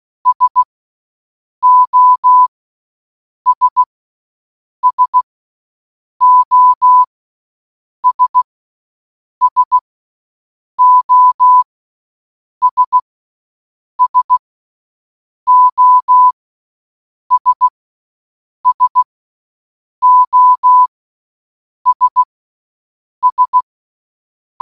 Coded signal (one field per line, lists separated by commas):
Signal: Morse code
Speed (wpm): 16 wpm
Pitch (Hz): 1000 Hz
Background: none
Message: SOS SOS SOS SOS SOS S